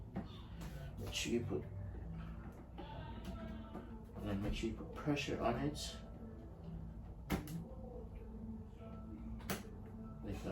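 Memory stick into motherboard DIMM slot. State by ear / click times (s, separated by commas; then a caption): seated / 7.3 s, 9.5 s. Someone talks while a memory stick is pressed down into a motherboard DIMM slot, with sharp snaps at 7.3 s and 9.5 s as the plastic retention clips shut. The stick is seated.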